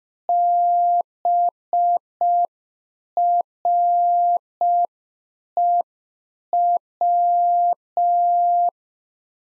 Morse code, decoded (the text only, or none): BREW